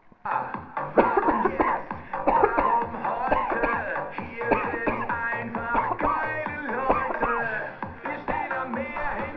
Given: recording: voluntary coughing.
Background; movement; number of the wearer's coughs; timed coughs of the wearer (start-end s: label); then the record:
music; sitting; 14
0.95-1.25 s: cough
1.25-1.50 s: cough
1.57-1.87 s: cough
2.24-2.53 s: cough
2.55-2.89 s: cough
3.29-3.58 s: cough
3.60-3.94 s: cough
4.48-4.81 s: cough
4.85-5.18 s: cough
5.58-5.99 s: cough
5.99-6.34 s: cough
6.87-7.16 s: cough
7.21-7.52 s: cough
8.27-8.62 s: cough
From the record:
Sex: female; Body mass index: 36.4 kg/m2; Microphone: on the chest, facing the body